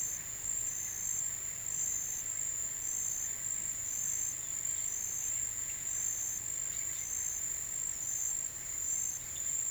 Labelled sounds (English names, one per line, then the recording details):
none
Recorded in pastures near Puerto Asís, Putumayo, Colombia, on 23 June 2025 at 08:30
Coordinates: 0.486, -76.323
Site H29